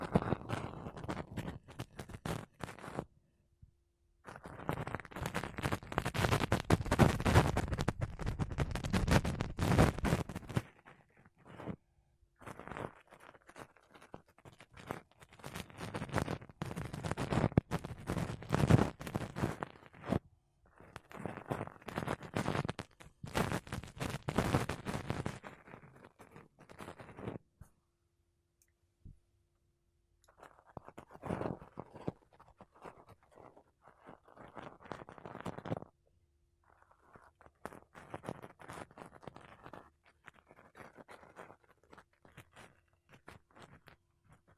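Makeup brushes and a sponge rub across a microphone in bursts of dense, scratchy brushing, each lasting several seconds with short silent gaps between. The strokes are loudest in the first half and grow softer and more sparse after about thirty seconds.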